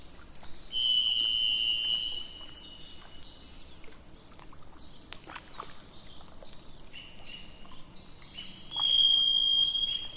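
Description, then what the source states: Thrush gives a drawn-out high whistle, then repeats a similar note about eight seconds later, over low rumbling noise. Recorded on 27 April 2004 with truck noise in the background.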